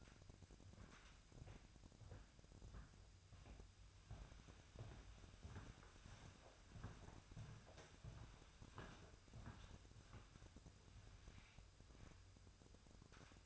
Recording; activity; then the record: daily activity, microphone in the room; walk to room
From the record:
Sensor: 2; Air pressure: 999.8 hPa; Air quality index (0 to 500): 119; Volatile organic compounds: 2 ppm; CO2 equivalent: 1034 ppm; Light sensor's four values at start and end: 29/68/30/34 and 28/66/30/33